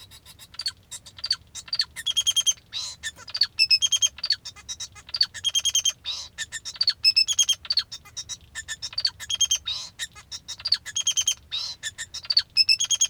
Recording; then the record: song of a male Bengalese finch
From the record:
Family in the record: father 2